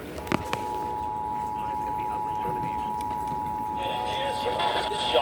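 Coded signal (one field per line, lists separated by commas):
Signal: Emergency Alert System (SAME) tones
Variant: 853 and 960 Hz attention tone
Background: speech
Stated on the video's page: Ohio Required Monthly Test received on fewer weather radio stations than before, plus a Required Weekly Test.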